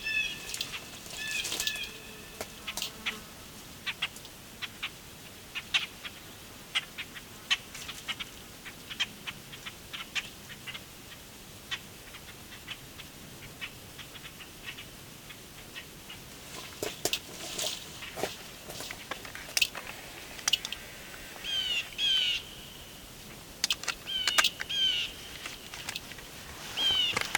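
Birds sing at an unhurried pace in the quiet of Bruce Peninsula National Park, Ontario, Canada. Short, bright chirps and calls arrive scattered over a soft, low hush, thinning out mid-way and then gathering into livelier bursts of song after about seventeen seconds.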